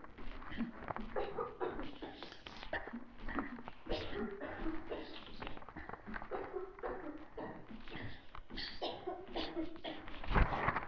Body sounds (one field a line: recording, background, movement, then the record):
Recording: throat clearing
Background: a bystander coughing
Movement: walking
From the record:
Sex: female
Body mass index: 25.5 kg/m2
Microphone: on the chest, facing the body